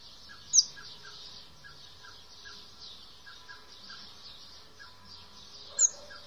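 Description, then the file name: Common blackbird thin high calls, two sharp downslurred notes about five seconds apart, over a steady run of soft mid-pitched chips and a faint high hiss. "Turdus merula"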